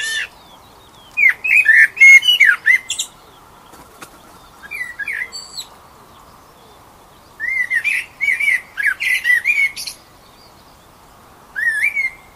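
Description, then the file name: Eurasian blackbird delivering rich whistled phrases with squeaky high notes, five bursts of varying length with silent gaps between them. "Turdus merula"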